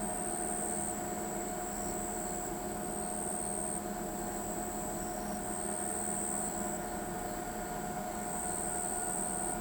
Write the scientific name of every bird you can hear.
none